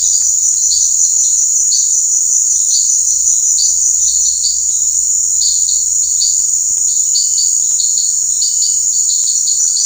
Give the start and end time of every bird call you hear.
7.96s-8.33s: Crypturellus cinereus (1.2-1.9 kHz)

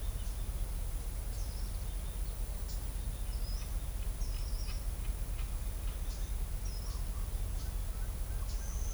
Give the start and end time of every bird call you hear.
1.27s-8.94s: Thraupis episcopus (3.8-7.8 kHz)

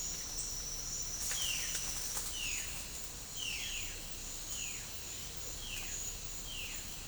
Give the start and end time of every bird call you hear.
1.34s-1.73s: Cyanocorax violaceus (1.1-4.6 kHz)
2.33s-2.71s: Cyanocorax violaceus (1.3-4.5 kHz)
3.33s-3.96s: Cyanocorax violaceus (1.1-4.4 kHz)
4.63s-5.19s: Cyanocorax violaceus (2.2-3.6 kHz)
5.63s-6.16s: Cyanocorax violaceus (1.8-4.3 kHz)
6.46s-7.03s: Cyanocorax violaceus (1.6-4.2 kHz)

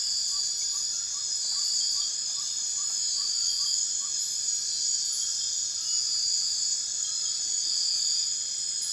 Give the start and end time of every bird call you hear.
0.29s-4.12s: Glaucidium brasilianum (0.4-1.8 kHz)

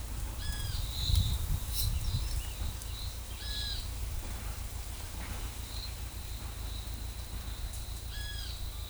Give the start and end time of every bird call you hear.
0.41s-0.76s: Pitangus sulphuratus (1.3-8.6 kHz)
3.43s-3.78s: Pitangus sulphuratus (1.3-8.6 kHz)
8.14s-8.51s: Pitangus sulphuratus (1.1-8.6 kHz)

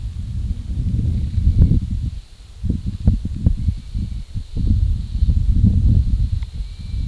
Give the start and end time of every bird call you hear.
6.62s-7.07s: Crypturellus cinereus (1.6-2.7 kHz)

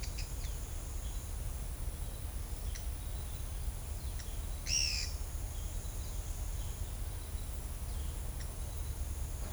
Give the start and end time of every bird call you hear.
2.73s-2.82s: Atalotriccus pilaris (0.9-8.6 kHz)
4.16s-5.07s: Atalotriccus pilaris (1.2-8.8 kHz)

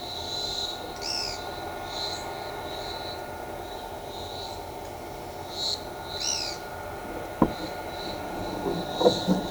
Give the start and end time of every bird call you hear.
0.94s-1.40s: Atalotriccus pilaris (1.8-11.2 kHz)
6.16s-6.59s: Atalotriccus pilaris (1.7-11.5 kHz)

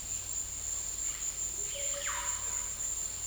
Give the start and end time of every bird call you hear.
1.56s-2.46s: Psarocolius angustifrons (0.2-3.9 kHz)
1.71s-2.06s: Leptotila rufaxilla (0.2-1.2 kHz)

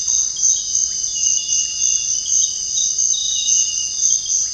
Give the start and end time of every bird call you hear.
0.73s-4.54s: Psarocolius angustifrons (0.9-2.6 kHz)

